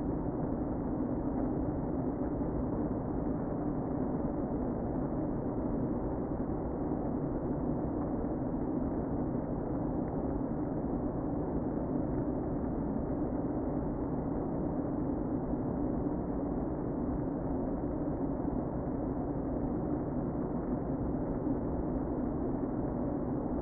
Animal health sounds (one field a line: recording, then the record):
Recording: honeybee colony, microphone inside the hive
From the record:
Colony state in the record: queen present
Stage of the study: before two queens were removed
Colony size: about 60,000 bees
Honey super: yes